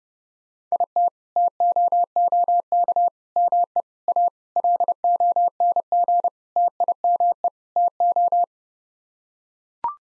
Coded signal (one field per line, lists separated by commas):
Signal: Morse code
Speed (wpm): 30 wpm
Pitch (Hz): 700 Hz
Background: none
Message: IT TOOK ME A LONG TIME TO